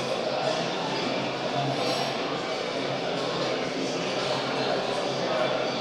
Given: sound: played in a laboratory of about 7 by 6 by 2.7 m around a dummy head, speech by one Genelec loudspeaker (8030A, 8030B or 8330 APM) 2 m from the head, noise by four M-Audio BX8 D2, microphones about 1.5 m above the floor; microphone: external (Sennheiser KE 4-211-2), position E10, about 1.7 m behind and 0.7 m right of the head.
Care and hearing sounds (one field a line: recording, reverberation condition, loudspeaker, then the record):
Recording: cafeteria noise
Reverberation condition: high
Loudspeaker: four, about 170 cm from the corners of the room and facing them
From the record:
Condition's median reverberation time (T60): about 1300 ms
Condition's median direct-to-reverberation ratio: about -4.0 dB